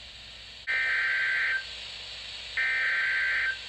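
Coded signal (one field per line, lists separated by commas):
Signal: Emergency Alert System (SAME) tones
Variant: header bursts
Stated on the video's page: Series of Severe Thunderstorm Warning SAME alerts.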